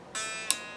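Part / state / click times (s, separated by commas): guitar string into its notch on the bridge/saddle / seated / 0.5 s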